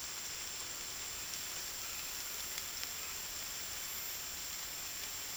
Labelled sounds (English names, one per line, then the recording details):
none
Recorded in dense forest near Puerto Asís, Putumayo, Colombia, on 9 March 2025 at 14:00
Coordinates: 0.503, -76.323
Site GP09